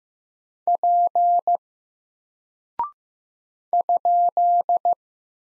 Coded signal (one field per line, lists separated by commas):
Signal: Morse code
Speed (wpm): 15 wpm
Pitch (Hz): 700 Hz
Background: none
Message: P ?